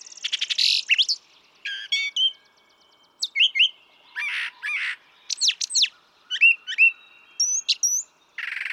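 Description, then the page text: Brown thrasher song with rich, varied phrases: harsh bursts, clear whistled downslurs often doubled, and buzzy notes, sung in quick groups separated by short silences. Same male throughout, one of several selections totalling about three and a quarter hours; repertoire estimated at about 1300 songs, including imitations of other species. "Birdsong for the Curious Naturalist. Brown thrasher"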